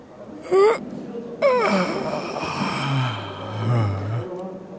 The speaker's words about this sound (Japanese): 思う存分あくびをし終わってから目を開けた。